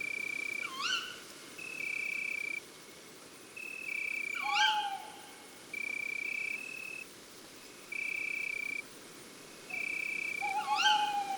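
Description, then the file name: Tawny owl calls: three sharp, harmonic-rich, hooked notes over repeated long, flat, high tones. Female. "Chouette hulotte femelle Chants doiseaux des bois et des forets"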